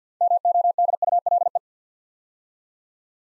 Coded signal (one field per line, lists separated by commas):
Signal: Morse code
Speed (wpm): 50 wpm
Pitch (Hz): 700 Hz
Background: none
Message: MODULE